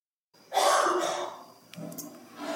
Coughing and flushing the toilet.